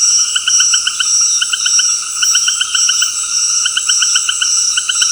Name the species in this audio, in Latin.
none